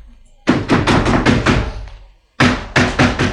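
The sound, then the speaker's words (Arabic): Loud, rapid knocking on a door by a neighbour from the market: a burst of about six heavy raps, a brief pause, then another quick series of hard knocks. “من يطرق الباب؟”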